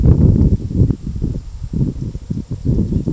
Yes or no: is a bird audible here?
no